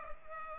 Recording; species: mosquito wingbeat signal from an infrared sensor; Culex pipiens